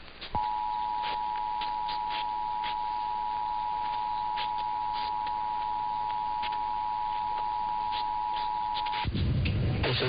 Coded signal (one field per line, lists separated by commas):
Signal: Emergency Alert System (SAME) tones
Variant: 853 and 960 Hz attention tone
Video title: [EAS #2435-#2451] Los Angeles & Nevada RMTs + KLOS & KLLI Auto RWTs